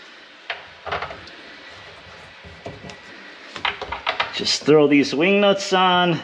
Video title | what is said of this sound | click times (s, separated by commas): 2020 Dodge Challenger Rear Bumper Cover Removal and Install | now if you can see the pin will go into there and just push until it snaps and now you're in | 0.5 s